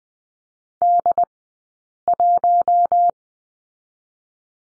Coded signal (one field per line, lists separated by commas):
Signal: Morse code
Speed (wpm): 20 wpm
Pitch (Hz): 700 Hz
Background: none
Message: D1